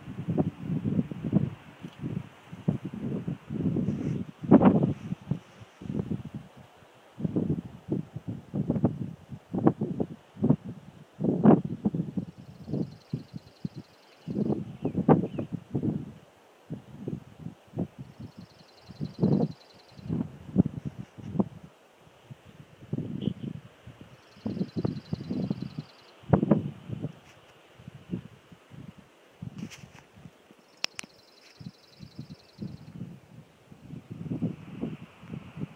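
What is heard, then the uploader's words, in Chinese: Wind gusts through a wooded hillside in uneven rushes that rise and fall every second or so, rustling leaves throughout. A thin, high bird call repeats faintly about every six seconds from the middle onward, behind the wind. 信号山丛林的风声和鸟叫。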